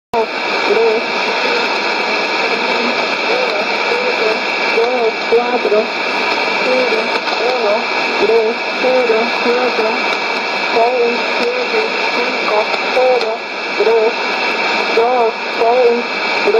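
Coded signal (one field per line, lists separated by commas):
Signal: numbers station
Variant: HM01, Spanish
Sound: steady hissing digital-like roar with brief spoken fragments repeating every second or so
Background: radio static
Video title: 11 11 2019 HM01 Cuban Spy Numbers station in Spanish 0730 on 9330 Bejucal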